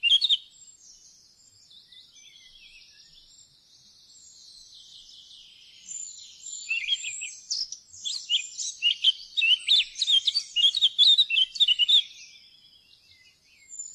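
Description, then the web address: Eurasian blackcap song: soft subdued warbling for several seconds, then a loud burst of fast chattering and whistled notes before fading. "fuglelyder- munk"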